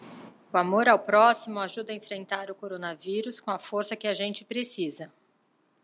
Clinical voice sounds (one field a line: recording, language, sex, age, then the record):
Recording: spoken sentence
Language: Brazilian Portuguese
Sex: female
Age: 40 to 49 years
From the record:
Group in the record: control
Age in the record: 47 years